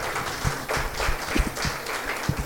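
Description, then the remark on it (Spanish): An audience at a forum in Guatemala applauds a panelist being introduced: many hands clapping in a dense, steady patter that holds at an even, moderate level, with a few sharper claps standing out. No voices are heard. “Un aplauso, por favor.”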